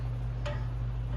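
On an old Emerson Electric fan, the custom 3D-printed plastic oscillation drive gear has stripped and no longer grips its splined metal axle, so the fan jerks forward and back. Over a steady low motor hum, one sharp tick sounds at 0.5 s as the gear pulls and then loses its grip.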